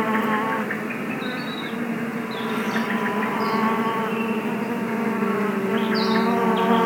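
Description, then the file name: Bee: dense, steady hum of buzzing bees, low and droning, with only a few faint high chirps. Bees in a forest. "bees at the forest"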